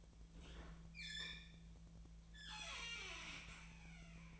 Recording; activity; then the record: daily activity, microphone in the room; open fridge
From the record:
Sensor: 1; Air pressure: 1009.7 hPa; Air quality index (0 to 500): 193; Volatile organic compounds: 19 ppm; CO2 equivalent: 2645 ppm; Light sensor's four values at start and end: 29/74/31/37 and 29/74/31/37